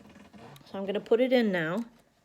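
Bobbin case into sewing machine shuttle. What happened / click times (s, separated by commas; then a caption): Handled, not yet home: the part is being readied but no seating click is heard / none. Someone talks while handling a metal bobbin case about to go into the shuttle race of an oil-bath Singer 281-1 sewing machine, with faint handling noise and a brief soft tick near 0.6 s. Nothing has seated or clicked yet.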